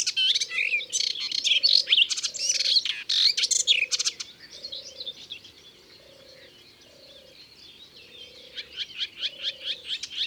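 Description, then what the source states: Melodious warbler singing loud rapid chatter, going quiet, then ending with a string of quick repeated notes; a low pulsing hum continues throughout. Recorded in Ardèche.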